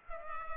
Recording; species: mosquito wingbeat signal from an infrared sensor; Culex pipiens